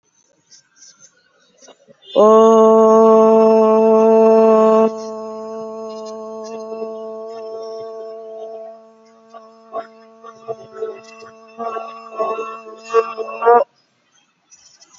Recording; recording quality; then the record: sustained vowel as in boot; excellent, no background noise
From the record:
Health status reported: COVID-19 positive, mild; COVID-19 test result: positive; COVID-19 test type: rapid antigen test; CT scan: not taken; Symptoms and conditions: cough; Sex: female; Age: 31 years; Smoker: no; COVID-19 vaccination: none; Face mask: not worn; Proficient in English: yes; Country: India